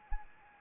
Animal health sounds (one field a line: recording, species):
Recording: mosquito wingbeat signal from an infrared sensor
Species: Anopheles arabiensis